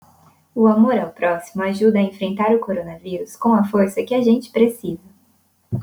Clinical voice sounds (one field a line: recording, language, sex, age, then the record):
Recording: spoken sentence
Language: Brazilian Portuguese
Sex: female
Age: 20 to 29 years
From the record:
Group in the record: control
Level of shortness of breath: 0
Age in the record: 22 years